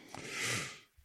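A single breathy, airy rush lasting about a second swells and then fades, with a faint fluttering rumble underneath: one snoring breath from George the dog, sleeping in the background of a room.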